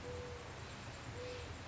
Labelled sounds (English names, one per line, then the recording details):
Mourning Dove
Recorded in Sonoma County, California